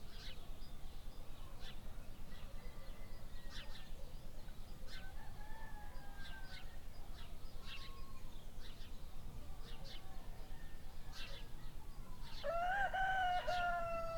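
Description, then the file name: Chicken: rooster crowing: faint crows in the background, then one loud, drawn-out cock-a-doodle-doo near the end, over a steady low rumble. Early morning. "freesound Early morning roosters"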